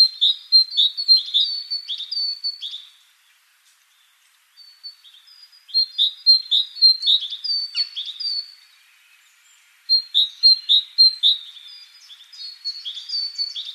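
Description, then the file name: Great tit calling in three bursts of rapid high chirping notes, each run lasting about three to four seconds and separated by short pauses. "Parus major"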